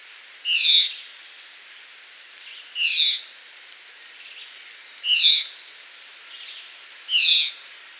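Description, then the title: Red-eyed vireo giving short, slurred whistled phrases repeated about every two seconds, over a quiet steady background hiss. "LuckyPassaro Completos2Sama. Red-eyed Vireo (Vireo olivaceus)"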